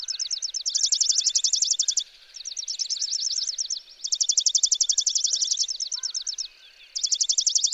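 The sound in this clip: Chipping sparrow song: rapid, dry chip trills lasting a second or two, with short pauses between them and a quieter trill in the background.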